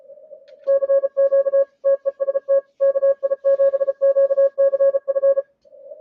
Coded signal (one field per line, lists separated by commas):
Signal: Morse code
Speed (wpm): 34 wpm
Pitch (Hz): 550 Hz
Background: none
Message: CQ TEST KI7QCF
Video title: ARRL Inter. DX Contest, CW Final Day